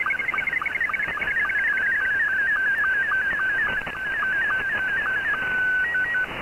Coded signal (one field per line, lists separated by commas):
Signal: SSTV (slow-scan television)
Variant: Scottie 2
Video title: Recap of Pirate Radio Activity Friday 9 September 2022